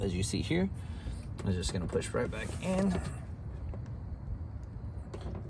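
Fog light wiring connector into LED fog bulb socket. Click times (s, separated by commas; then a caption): 5.1 s. Someone talks while the fog light wiring connector, a plastic plug with a push-release clip and a small lip on top, is pushed back into the LED fog bulb socket on a 2010-2015 Camaro SS. After some soft handling ticks, it seats with a small click at 5.1 s.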